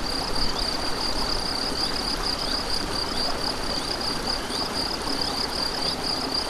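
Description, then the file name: Cricket in a steady, rapid high pulsed trill, with faint short falling chirps repeating over constant rushing stream water. Crickets with a stream, recorded 7 May 2014 on an MZ-N710 recorder. "MZ-N 710 Ruisseau et grillons 7 05 14"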